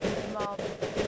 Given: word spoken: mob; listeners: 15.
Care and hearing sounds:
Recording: one English word in noise, from a listening test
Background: noise modulated by three-talker babble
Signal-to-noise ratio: -3.6 dB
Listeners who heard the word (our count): 0 of 15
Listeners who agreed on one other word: 8 of 15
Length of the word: 0.67 s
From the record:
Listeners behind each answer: 8, 6, 1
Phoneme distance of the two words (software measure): 17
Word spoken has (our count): 1 syllable, 3 phonemes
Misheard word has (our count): 2 syllables, 4 phonemes, stress on syllable 1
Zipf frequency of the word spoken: 3.71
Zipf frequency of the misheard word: 3.86

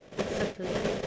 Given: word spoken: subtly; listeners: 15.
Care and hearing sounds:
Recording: one English word in noise, from a listening test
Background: noise modulated by three-talker babble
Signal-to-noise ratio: -6.2 dB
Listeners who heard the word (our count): 1 of 15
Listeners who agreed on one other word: 6 of 15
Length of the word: 0.67 s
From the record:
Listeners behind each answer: 6, 2, 1, 1, 1, 1, 1, 1, 1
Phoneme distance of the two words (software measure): 7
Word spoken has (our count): 2 syllables, 5 phonemes, stress on syllable 1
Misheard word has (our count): 2 syllables, 4 phonemes, stress on syllable 1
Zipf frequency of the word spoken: 2.97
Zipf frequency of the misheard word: 3.90

